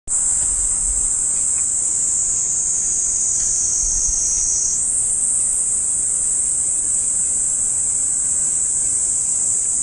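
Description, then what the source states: Cicada song: a continuous, intense high-pitched buzz that holds steady, shifts slightly in tone halfway through, then carries on unbroken to the end. Recorded on 5 July 2009.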